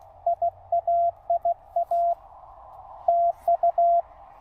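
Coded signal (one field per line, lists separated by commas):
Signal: Morse code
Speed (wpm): 19 wpm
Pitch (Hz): 690 Hz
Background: none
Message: IA IA TU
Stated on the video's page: Morse from a POTA park activation with a Ten-Tec R4020 transceiver.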